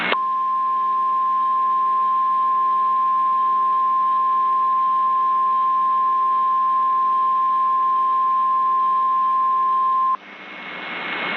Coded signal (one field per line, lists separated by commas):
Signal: Emergency Alert System (SAME) tones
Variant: 1050 Hz attention tone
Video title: [(SOME RECREATIONAL) EAS Mocks] - some of my unreleased content into a single YouTube video